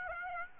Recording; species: mosquito wingbeat signal from an infrared sensor; Aedes aegypti